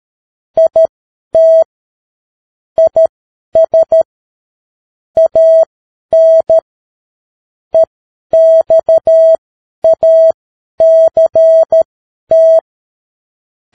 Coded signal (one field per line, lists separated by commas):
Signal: Morse code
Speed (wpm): 13 wpm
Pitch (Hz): 650 Hz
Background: none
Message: IT IS AN EXACT